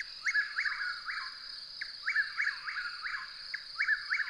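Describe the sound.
Bird giving brisk, repeated downward-sliding chirps in groups of two or three, set against a constant high-pitched background whine.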